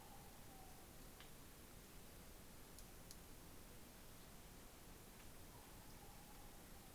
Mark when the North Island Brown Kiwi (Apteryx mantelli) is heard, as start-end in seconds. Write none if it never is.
none